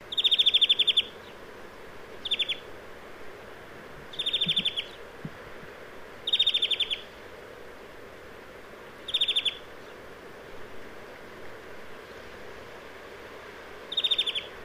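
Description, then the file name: European greenfinch calls: six short, fast ticking rattles, high-pitched and spaced unevenly a few seconds apart, over a steady low background hiss. "Chloris chloris"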